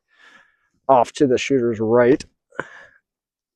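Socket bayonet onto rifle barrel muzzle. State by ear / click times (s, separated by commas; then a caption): seated / 2.6 s. A socket bayonet, a tight fit, is slid over the muzzle of a Mosin-Nagant M91/30 rifle and rotated toward the shooter's right until a spring-loaded tab catches in a notch behind the front sight post. Someone talks, and a single sharp metallic click is heard at 2.6 seconds as the bayonet locks in place.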